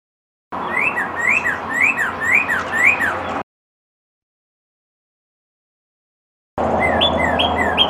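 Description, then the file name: Red-crested cardinal song: clear slurred whistles repeated roughly every half second over a steady hum, a silent pause, then more whistled notes. Song variation 3. "suara kicauan burung red crested cardinal. omkicau"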